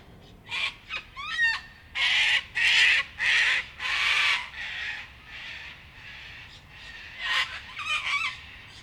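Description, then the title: Sulphur-crested cockatoos screeching repeatedly, harsh squawks following one another less than a second apart, mixed with rising and falling calls of other birds. Many cockatoos with other birds on a typical evening in Canberra, Australia, in April 2020 during lockdown. "An Evening in Canberra (Feat. 500 Cockies)"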